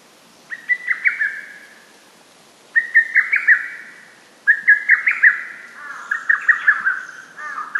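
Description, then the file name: Lesser cuckoo calling: loud whistled phrases of five or six quick, stuttering notes, repeated about every two seconds, the final phrases overlapping with a slightly lower series. "hototogisu"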